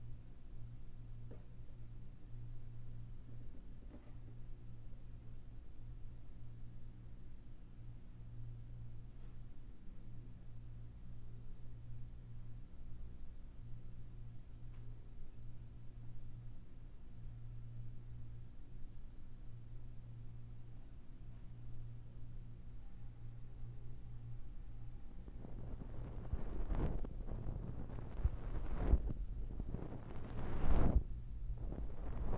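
Ear cleaning. For the first twenty-five seconds only a steady low hum is present. Then loud scratching and rubbing sounds begin, with sharp crackling scrapes around 27, 29 and 31 seconds.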